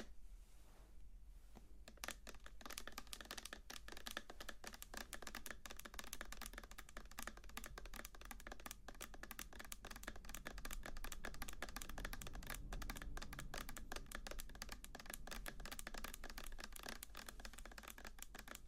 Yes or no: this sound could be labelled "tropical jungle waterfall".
no